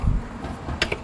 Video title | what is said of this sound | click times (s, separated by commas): How To Replace 2007-2014 Ford Expedition Fog Light Bulbs | and pull down, and then your fog light bulb will lock into place on the back of the housing. | 0.8 s, 0.9 s